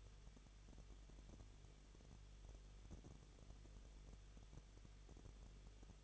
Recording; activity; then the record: daily activity, microphone in the room; no activity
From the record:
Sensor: 4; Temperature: 23.0 degrees Celsius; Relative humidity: 34.3%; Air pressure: 1007.3 hPa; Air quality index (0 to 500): 217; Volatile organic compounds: 15 ppm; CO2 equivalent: 2515 ppm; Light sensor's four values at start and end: 2/3/1/1 and 2/3/1/1